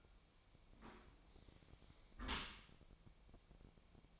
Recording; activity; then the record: daily activity, microphone in the room; close dishwasher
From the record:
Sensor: 1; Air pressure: 1003.1 hPa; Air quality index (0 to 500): 196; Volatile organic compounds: 6 ppm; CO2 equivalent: 1878 ppm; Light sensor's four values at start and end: 16/41/17/20 and 17/41/17/20